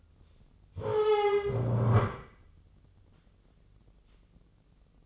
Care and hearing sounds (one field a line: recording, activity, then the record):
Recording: daily activity, microphone in the room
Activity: stand up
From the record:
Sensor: 4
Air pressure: 996.7 hPa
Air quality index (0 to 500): 241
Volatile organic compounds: 344 ppm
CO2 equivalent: 4572 ppm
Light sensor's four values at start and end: 47/115/47/47 and 47/114/47/47